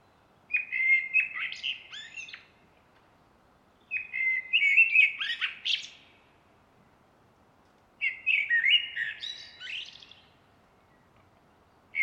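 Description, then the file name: Common blackbird song: three warbled phrases about four seconds apart, each ending in a higher, thin twittering flourish, with quiet pauses between, and a fourth phrase just starting at the end. "Turdus merula"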